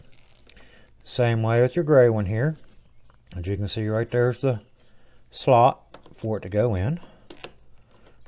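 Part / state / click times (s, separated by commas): gray wiring connector into frame mounting slot / seated / 7.4 s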